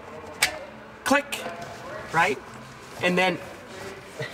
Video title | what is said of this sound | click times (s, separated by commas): Scuderia Audio Hi-Fi Amp Cradle Removal for Ferrari 360/430 | starts pivoting on its own it's basically self guiding you just keep pimping it until you hear click | 0.4 s